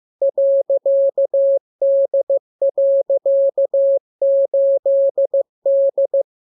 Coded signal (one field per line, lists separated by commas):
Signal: Morse code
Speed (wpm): 15 wpm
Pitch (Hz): 550 Hz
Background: none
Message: .D.8D